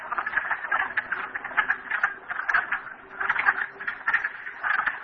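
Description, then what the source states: Frog chorus, bursts of fast clicking trills from several callers, briefly thinning midway before picking up again. Frogs recorded at Merryspring.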